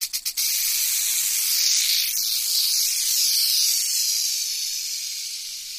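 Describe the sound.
Rattlesnake rattling, a sustained dry high-pitched buzz that swells and slowly fades, preceded by a few short clicking pulses.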